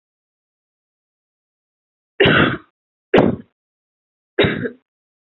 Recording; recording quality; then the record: heavy voluntary cough; excellent, no background noise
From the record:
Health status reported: healthy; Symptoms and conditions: none ticked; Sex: female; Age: 21 years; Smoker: not ticked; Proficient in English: yes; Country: India